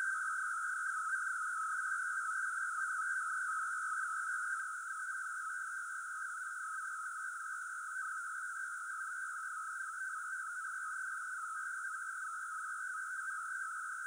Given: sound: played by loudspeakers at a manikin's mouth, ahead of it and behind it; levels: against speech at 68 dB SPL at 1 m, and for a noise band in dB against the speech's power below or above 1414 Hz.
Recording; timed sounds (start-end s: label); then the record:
test signals for a remote microphone
0.00-14.07 s: noise band at 1414 Hz, as loud as that band is in speech
From the record:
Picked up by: remote microphone C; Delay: 23 ms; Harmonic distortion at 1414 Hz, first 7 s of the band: under -40 dB